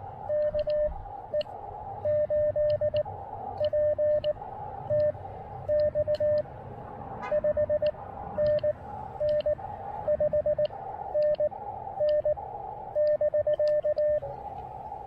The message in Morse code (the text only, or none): KE8PTX 5NN 5NN <BK>